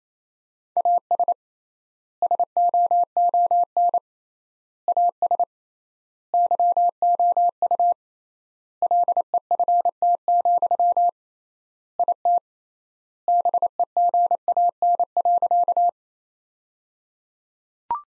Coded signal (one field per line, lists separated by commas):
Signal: Morse code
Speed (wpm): 27 wpm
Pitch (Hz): 700 Hz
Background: none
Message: AS SOON AS YOU LEFT, IT BEGAN.